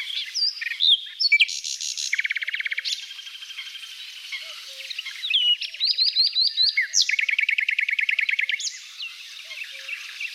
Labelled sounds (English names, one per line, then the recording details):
Common Nightingale song
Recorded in the wild
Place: NSG Taubergießen / Reg.-Präs. Freiburg im Breisgau, Baden-Württemberg, DE
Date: 1989-05-23
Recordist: Schwarz, Dieter
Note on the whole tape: Song